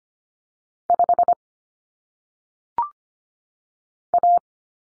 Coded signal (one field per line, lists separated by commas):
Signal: Morse code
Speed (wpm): 25 wpm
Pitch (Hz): 700 Hz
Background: none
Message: 5 A